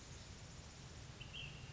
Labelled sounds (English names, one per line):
Ash-throated Flycatcher